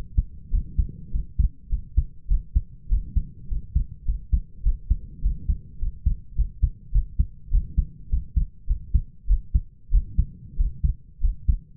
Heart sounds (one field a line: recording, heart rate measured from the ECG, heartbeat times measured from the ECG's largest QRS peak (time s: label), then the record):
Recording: heart sounds by stethoscope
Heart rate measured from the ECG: 101 bpm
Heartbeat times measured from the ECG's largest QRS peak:
0.50 s: heartbeat
1.11 s: heartbeat
1.69 s: heartbeat
2.27 s: heartbeat
2.88 s: heartbeat
3.48 s: heartbeat
4.05 s: heartbeat
4.63 s: heartbeat
5.21 s: heartbeat
5.78 s: heartbeat
6.35 s: heartbeat
6.91 s: heartbeat
7.50 s: heartbeat
8.09 s: heartbeat
8.66 s: heartbeat
9.27 s: heartbeat
9.90 s: heartbeat
10.56 s: heartbeat
11.20 s: heartbeat
From the record:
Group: healthy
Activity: rest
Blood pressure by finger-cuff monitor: 100/64 mmHg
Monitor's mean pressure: 78 mmHg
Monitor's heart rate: 103 bpm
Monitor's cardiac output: 6.8 L/min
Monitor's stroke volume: 66 mL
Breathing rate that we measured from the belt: 26 breaths a minute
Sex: male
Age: 22 years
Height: 181 cm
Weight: 60 kg